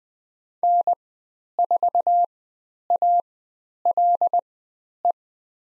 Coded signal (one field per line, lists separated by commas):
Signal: Morse code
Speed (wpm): 20 wpm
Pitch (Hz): 700 Hz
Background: none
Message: N4ALE